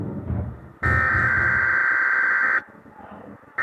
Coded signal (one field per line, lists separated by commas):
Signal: Emergency Alert System (SAME) tones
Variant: header bursts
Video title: XLF339 Severe Thunderstorm Watch 6/14/2021 (EAS #641)